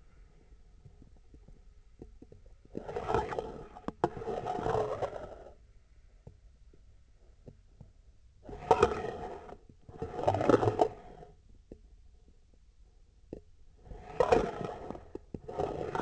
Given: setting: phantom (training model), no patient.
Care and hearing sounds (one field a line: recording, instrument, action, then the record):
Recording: laparoscopic instrument, vibration sensor on the handle end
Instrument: scissors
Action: approaching and retracting movements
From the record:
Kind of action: spatial motion